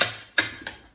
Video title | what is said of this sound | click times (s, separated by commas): 50 BMG Noreen ULR-X unboxing | And locks down smooth. | 0.4 s